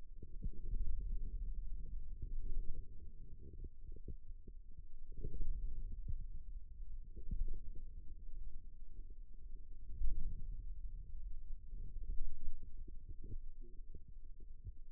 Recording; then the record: forearm muscle sounds (acoustic myography)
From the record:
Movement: radial deviation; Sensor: system 2, bracelet of six BSWA MPA416 microphones around the upper forearm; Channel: 2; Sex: male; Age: 22 years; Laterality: right